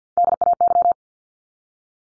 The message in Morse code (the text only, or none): DAY